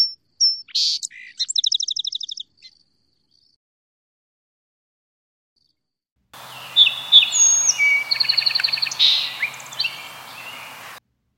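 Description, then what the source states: Song Sparrow songs: whistled opening notes and a fast trill, then after a pause a second, more jumbled song of buzzes and trills over a background hiss. Several songs played to show their variation and common pattern: three introductory whistles, a buzz, then other notes.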